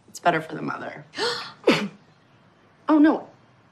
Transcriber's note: gasps